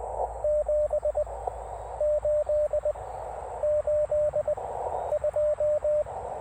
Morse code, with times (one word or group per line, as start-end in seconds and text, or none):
0.4-1.2 7
2.0-2.9 8
3.6-4.5 8
5.1-6.0 2